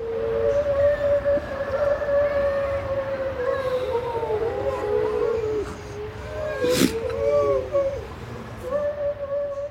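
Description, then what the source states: Grey seal giving long wavering wails that rise and fall, drawn-out moaning tones with a few sharper bends. Recorded in Northumberland; sounds compared to human voice qualities; very childlike wails, groans and gargles.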